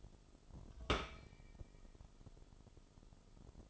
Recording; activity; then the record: daily activity, microphone in the room; take from stove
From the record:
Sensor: 5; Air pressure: 988.4 hPa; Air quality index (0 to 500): 205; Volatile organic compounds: 85 ppm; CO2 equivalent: 3647 ppm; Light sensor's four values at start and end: 48/141/56/61 and 47/139/55/60